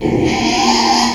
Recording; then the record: squeal of a Yucatan mini pig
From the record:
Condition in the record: after surgery on the right vocal fold (resection and tissue-engineered implant); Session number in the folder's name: 2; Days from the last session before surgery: 13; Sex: male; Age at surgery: 12 weeks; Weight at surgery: 13 kg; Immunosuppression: cyclosporine, prednisolone